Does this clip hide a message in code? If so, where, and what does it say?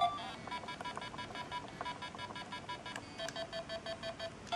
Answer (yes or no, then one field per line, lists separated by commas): no